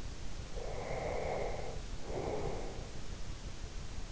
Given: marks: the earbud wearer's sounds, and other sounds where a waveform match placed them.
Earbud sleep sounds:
sounds in sleep by an in-ear microphone; breath
0.48-2.93 s: breath

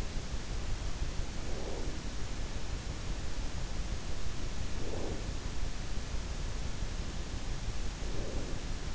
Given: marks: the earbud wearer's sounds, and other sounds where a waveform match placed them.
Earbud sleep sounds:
sounds in sleep by an in-ear microphone; breath
1.03-2.40 s: breath
4.51-5.62 s: breath
7.88-8.95 s: breath

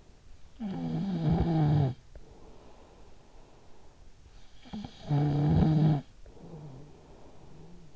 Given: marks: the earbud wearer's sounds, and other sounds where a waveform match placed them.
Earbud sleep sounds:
sounds in sleep by an in-ear microphone; snoring breath
0.28-3.82 s: snoring breath
4.33-7.96 s: snoring breath

